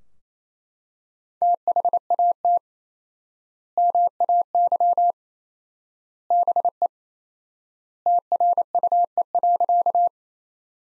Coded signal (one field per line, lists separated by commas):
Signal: Morse code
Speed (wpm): 27 wpm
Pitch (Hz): 700 Hz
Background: none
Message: THAT MAY BE TRUE.